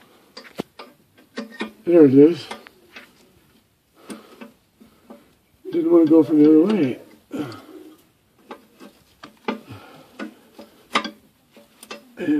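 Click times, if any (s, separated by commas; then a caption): 11.0 s. In a cave, a climbing device (likely a metal carabiner or ascender) is pushed onto a rope or harness while someone talks. Several sharp taps and clacks come between the words, and the loudest click at 11.0 s marks the device seating and locking in.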